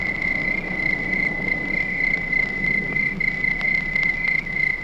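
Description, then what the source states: Crickets produce a steady, shimmering high trill with faint rhythmic pulses layered over it. Crickets recorded at night.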